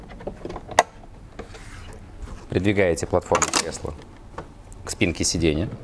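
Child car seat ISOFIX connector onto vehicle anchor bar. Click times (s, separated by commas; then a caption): 0.8 s. A Rant Drive child car seat is pushed back along its ISOFIX arms until its ISOFIX connector locks onto the vehicle anchor bar, with a few small taps before a single loud, sharp click at 0.8 s as it seats. Someone then talks.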